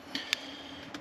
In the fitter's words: And then snap that back in. That's your little safety so this thing doesn't vibrate and fall off.